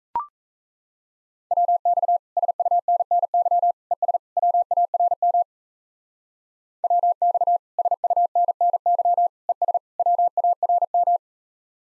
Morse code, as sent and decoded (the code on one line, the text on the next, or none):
.-- -..- / ... ..- -. -. -.-- / . ... / .-- .- .-. -- / .-- -..- / ... ..- -. -. -.-- / . ... / .-- .- .-. --
WX SUNNY ES WARM WX SUNNY ES WARM